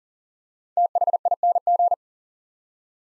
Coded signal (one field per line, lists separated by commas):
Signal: Morse code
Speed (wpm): 41 wpm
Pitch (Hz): 700 Hz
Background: none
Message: THING